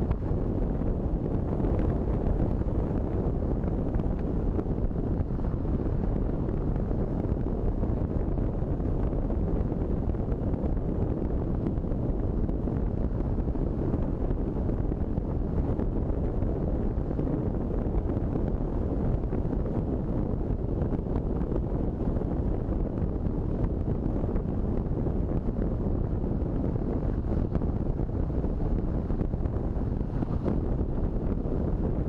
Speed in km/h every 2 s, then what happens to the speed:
49, 49, 48, 48, 48, 47, 47, 48, 46, 45, 46, 46, 45, 45, 44, 44.
0-32 steady at about 46.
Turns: none.